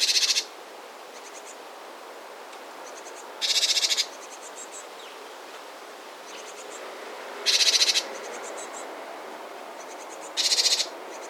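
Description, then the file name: Great tit churring: short harsh buzzy bursts repeated every three to four seconds, with faint high ticking notes between them. "Parus major"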